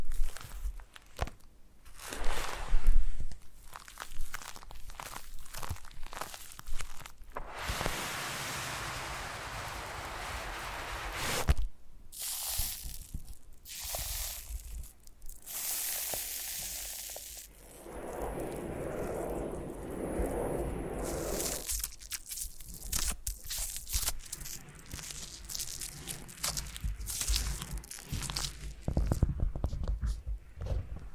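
Foam massage with rubbing, squeaking and crinkling textures that come in bursts and stretches. A long brighter rubbing passage runs from about 7 to 11 seconds and another from 17 to 22, with sharper crackles and taps scattered between and toward the end.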